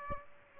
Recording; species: mosquito wingbeat signal from an infrared sensor; Aedes aegypti